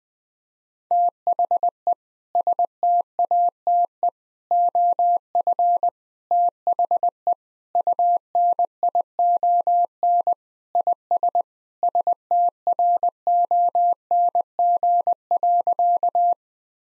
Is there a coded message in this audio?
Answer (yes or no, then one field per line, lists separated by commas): yes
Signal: Morse code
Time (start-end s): 0.9-16.3 s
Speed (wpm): 20 wpm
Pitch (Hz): 700 Hz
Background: none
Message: THE STATE OF THE UNION IS STRONG.